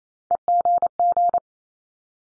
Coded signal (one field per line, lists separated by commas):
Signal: Morse code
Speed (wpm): 28 wpm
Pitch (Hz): 700 Hz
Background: none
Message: EGG